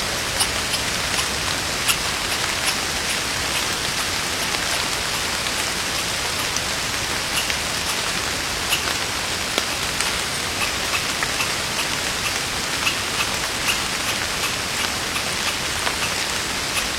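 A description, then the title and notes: Rain falls in a steady, dense hiss, a wilderness shower that holds an even level from start to finish. Sharper drop taps flick through it every second or so, bright and crisp above the softer wash, with a faint low rumble underneath. Echoes of Nature - Wilderness Rainshower.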